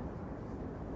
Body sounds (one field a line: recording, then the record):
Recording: background sound without coughing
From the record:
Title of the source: Train Ride Ambience ambient white noise for sleeping, focus, studying, reading